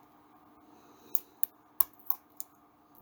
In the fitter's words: and then push in until i snap into place